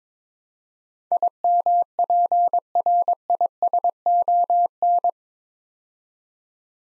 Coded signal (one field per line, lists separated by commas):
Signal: Morse code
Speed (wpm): 22 wpm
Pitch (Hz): 700 Hz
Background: none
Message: IMPRISON